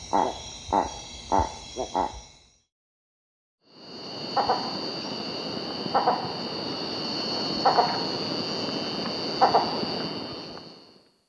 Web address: Natures Songs S America Mammals of the Rainforest Ecuadorean Bamboo Rat